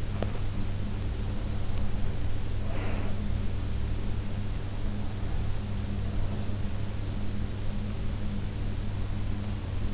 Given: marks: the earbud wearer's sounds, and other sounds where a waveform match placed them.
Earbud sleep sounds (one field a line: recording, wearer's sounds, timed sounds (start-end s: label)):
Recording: sounds in sleep by an in-ear microphone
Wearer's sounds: teeth grinding, breath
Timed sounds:
0.00-0.55 s: teeth grinding
2.42-3.58 s: breath